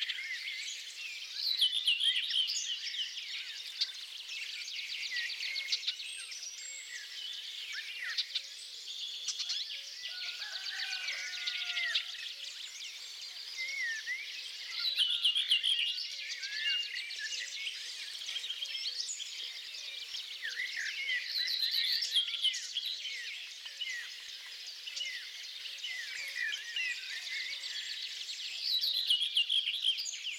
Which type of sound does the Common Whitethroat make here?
song